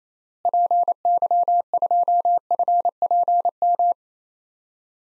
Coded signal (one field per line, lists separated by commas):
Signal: Morse code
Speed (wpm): 27 wpm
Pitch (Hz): 700 Hz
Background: none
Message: PY2FPM